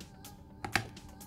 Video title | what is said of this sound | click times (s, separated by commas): Repair - Surface Laptop Studio | until that snap, and then you slide the connector towards the battery to disengage. | 0.8 s